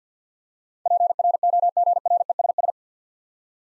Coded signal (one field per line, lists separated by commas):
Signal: Morse code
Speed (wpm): 49 wpm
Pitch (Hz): 700 Hz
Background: none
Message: PROGRESS